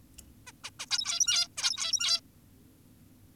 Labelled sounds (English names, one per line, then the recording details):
Zebra Finch
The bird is an adult
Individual g17y2U